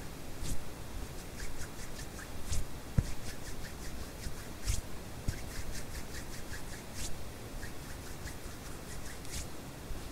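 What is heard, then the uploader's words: Hands rub and pat against a steady hiss of white noise, with quick soft brushing strokes every second or so and occasional louder taps. HAND SOUNDS ASMR NO TALKING, WHITE NOISE FOR SLEEPING, HAND SOUNDS WITH WHITE NOISE.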